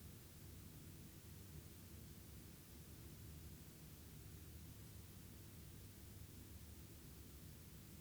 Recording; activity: daily activity, guitar pickup as the sensor; lie down